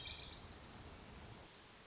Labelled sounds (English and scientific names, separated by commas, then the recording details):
Hermit Thrush (Catharus guttatus)
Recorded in Sonoma County, California